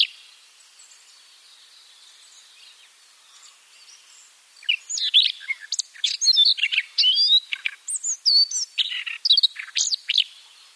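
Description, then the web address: Siberian rubythroat song beginning after nearly five quiet seconds, then a lively run of varied whistled and chattering notes, rapid and irregular, to the end. "Schulze Peter Siberian Rubythroat song"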